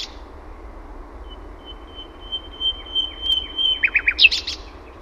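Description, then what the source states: Common nightingale song: a long, thin whistled note swelling louder over about three seconds, then breaking into quick, emphatic chopped notes and a high flourish. Finland.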